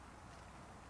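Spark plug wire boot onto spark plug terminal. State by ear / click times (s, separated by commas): not seated / none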